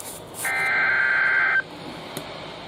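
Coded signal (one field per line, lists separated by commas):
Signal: Emergency Alert System (SAME) tones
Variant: header bursts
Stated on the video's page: Real EAS alerts received live on a 12-247 weather radio receiver that activated unexpectedly.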